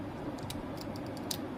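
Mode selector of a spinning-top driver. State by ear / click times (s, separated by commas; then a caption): seated / 1.3 s. A plastic mode selector on a Beyblade Burst spinning-top driver is turned through several small ticking clicks, around 0.5 s and 0.8 s. The loudest, final click at 1.3 s seats the selector in balance mode.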